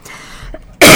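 After nearly a second of quiet room sound, one sudden, loud, harsh burst breaks in and runs to the end of the clip. It is a single explosive cough from an adult radio presenter.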